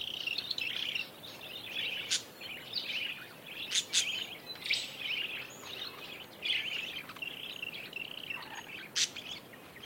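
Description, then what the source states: Parakeets chattering as a group, warbling chirps and occasional sharp high squeaks over background hiss. A flock of parakeets calling together.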